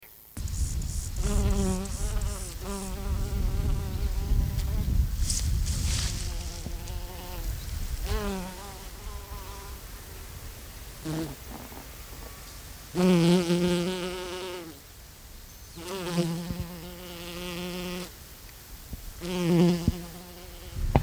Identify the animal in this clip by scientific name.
Apis mellifera